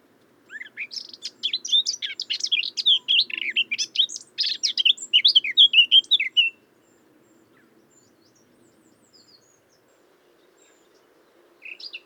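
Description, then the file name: Eurasian blackcap song: a long rushing warble of scratchy and whistled notes lasting about six seconds, followed by silence and a final short note. "Sylvia atricapilla"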